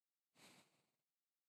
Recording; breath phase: one breath near a microphone; exhalation